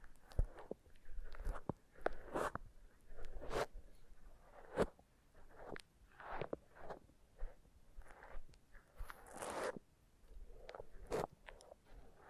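Foam being massaged and squeezed, giving a string of crunchy, squelching bursts with short pauses between them. The textures vary from soft rubs to sharper scrunches, with a few crisp clicks at about 0.5, 3.5 and 11 seconds. A brighter, hissing squeeze comes near 9.5 seconds.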